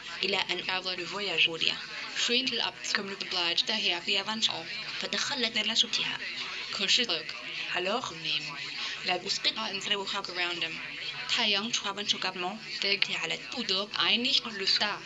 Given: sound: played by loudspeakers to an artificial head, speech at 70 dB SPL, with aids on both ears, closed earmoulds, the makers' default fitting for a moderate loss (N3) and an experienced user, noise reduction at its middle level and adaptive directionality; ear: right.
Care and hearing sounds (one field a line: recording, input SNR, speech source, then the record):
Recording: speech test signal (ISTS) in cocktail-party noise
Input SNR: +9 dB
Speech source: on the right (90 degrees)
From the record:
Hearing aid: class 1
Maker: A